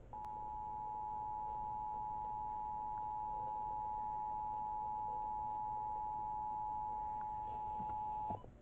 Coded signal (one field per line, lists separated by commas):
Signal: Emergency Alert System (SAME) tones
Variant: 853 and 960 Hz attention tone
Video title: EAS 1262: Pennsylvania Required Monthly Test For December (PART 1)